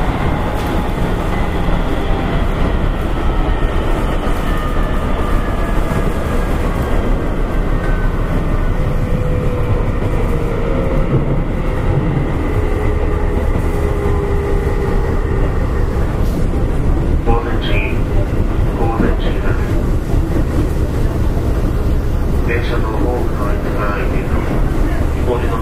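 Running noise aboard a Keihan 5000 series train on a semi express, a steady, dense low rumble throughout. Faint tones glide slowly downward over the first fifteen seconds, and brief squeals and clatters appear around 17–18 and 22–24 seconds.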